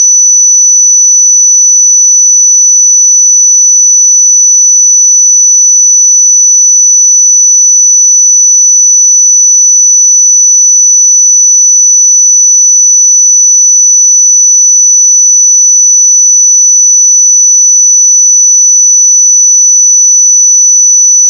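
A pure sine tone at 5966 Hz holds perfectly steady for the whole clip, a single thin, bright whistle with no other sounds.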